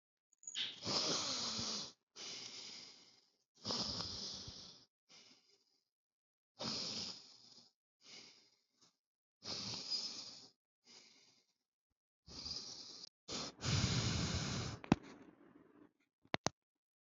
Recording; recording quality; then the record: deep breathing; excellent, no background noise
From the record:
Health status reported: healthy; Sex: male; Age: 30 years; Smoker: yes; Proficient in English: yes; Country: India